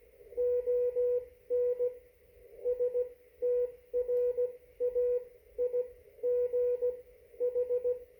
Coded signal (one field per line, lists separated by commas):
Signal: Morse code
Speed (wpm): 16 wpm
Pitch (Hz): 490 Hz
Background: none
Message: ON STRAIGH